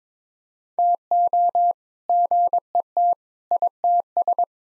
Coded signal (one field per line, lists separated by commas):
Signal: Morse code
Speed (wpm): 22 wpm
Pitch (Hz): 700 Hz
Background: none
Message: TO GET ITS